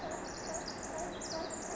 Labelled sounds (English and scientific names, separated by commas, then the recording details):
Pacific Wren (Troglodytes pacificus)
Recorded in Sonoma County, California